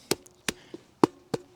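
Polypropylene sections of a 12 x 12 folding pack table are fitted together, their holes and protrusions locking into place after a little wiggling. Sharp snapping taps ring at 0.1, 0.5 and 1.0 s, with softer taps in between and another at about 1.3 s. The sections end up seated and snapped together.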